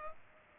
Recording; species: mosquito wingbeat signal from an infrared sensor; Culex pipiens